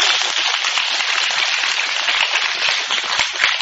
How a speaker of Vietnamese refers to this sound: Cho ổng tràn pháo tay đi.